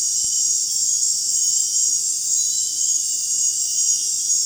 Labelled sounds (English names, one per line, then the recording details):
none
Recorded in dense forest near Puerto Asís, Putumayo, Colombia, on 23 June 2025 at 19:00
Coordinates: 0.466, -76.327
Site GP04